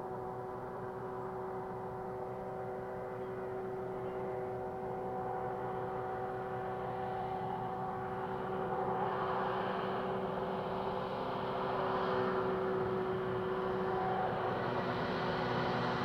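Soundscape from the eastern Parry Sound District of Ontario: a steady engine-like drone with humming tones, growing slightly louder and brighter after nine seconds.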